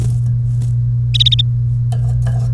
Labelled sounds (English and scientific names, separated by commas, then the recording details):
Domestic Canary (Serinus canaria) song
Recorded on 30 April 2018 at 15:04
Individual llb3